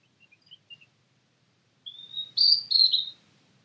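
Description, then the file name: European robin singing: a few faint soft notes, then a drawn-out whistle running into loud, warbling trills. "Erithacus rubecula"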